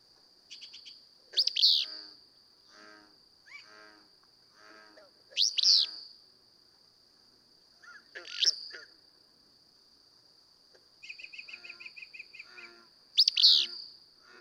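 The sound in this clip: Willow flycatcher repeating a buzzy, sneezing song phrase four times, a few seconds apart, among softer chatter from other birds and a steady high tone.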